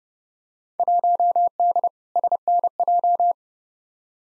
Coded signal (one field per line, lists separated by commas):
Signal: Morse code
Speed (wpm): 30 wpm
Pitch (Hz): 700 Hz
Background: none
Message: 1D SNJ